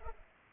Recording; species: mosquito wingbeat signal from an infrared sensor; Culex pipiens